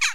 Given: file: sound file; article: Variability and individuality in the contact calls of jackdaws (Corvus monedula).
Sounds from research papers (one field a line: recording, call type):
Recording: jackdaw call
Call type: harmonic